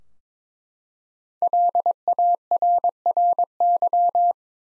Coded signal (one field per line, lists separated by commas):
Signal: Morse code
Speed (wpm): 22 wpm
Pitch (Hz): 700 Hz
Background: none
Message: LARRY